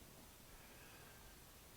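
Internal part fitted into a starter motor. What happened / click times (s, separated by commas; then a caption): The part is being positioned; it has not seated yet / none. A small internal part is slid down at an angle into the bad starter motor of a 1982 Honda Urban Express and lined up before being pressed home. Only quiet, steady rustling is heard, and nothing has seated or clicked yet.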